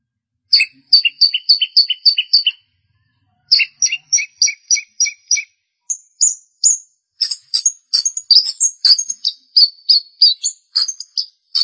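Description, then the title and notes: Long-tailed shrike song opening with two runs of repeated paired high notes, then a fast varied medley of chirps and whistles. "Pentet 201703. Suara burung pentet"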